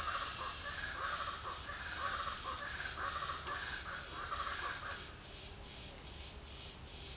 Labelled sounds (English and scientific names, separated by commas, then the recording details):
Speckled Chachalaca (Ortalis guttata)
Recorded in dense forest near Puerto Asís, Putumayo, Colombia, on 20 February 2024 at 07:00
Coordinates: 0.496, -76.326
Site G6383